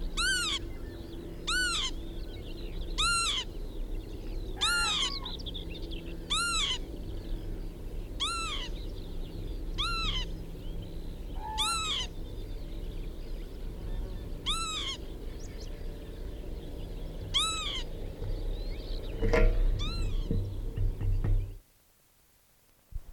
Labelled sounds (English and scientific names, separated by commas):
Northern Lapwing (Vanellus vanellus) call